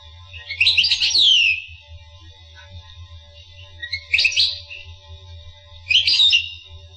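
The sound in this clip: Finch song: three short, bright, high warbled phrases near the start, middle and end, separated by pauses, over a steady low hum.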